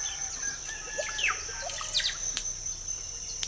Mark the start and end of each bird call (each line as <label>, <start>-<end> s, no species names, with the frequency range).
bird call (0.4-7.1 kHz), 0.00-2.16 s